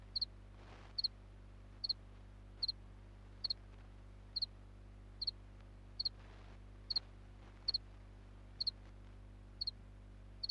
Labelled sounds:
House Cricket stridulation

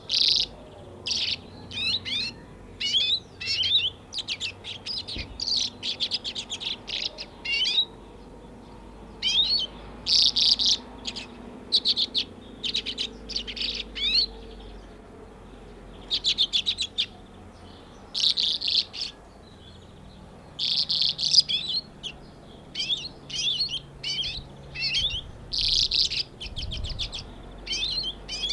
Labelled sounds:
Common Redpoll song

